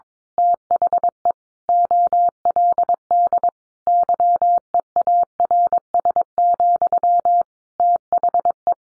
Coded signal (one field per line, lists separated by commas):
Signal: Morse code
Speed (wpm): 22 wpm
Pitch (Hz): 700 Hz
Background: none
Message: THE OLD YEARS, THE